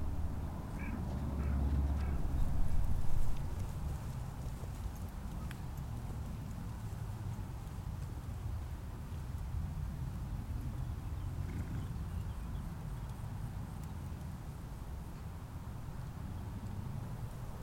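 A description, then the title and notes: Ponies shift and snort on open moorland over a steady low rumble of breeze, with a louder thump near three seconds and faint buzzing. Open Moorland | New Forest National Park. Hear the bees buzz and the sounds of the famous new Forest ponies on a gentle breeze. This binaural field recording takes you to the heat of the British countryside in summer.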